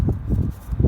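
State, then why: Not seated. A new paper oil filter element for a Vauxhall/Opel Corsa 1.4 (D) is handled and pushed toward its plastic filter housing cap after the rubber seal has been fitted. Low, rumbling handling noise is heard, with brief sharp knocks near 0.1 s and 0.9 s. Nothing has seated or clicked yet.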